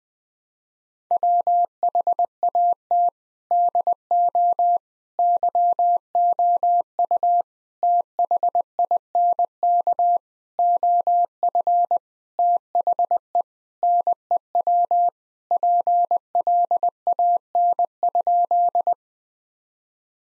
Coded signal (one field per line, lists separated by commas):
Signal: Morse code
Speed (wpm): 20 wpm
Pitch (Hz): 700 Hz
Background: none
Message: WHAT DO YOU THINK OF THE NEW PLAN?